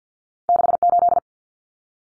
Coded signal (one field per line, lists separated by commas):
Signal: Morse code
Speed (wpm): 50 wpm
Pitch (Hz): 700 Hz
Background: none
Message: 68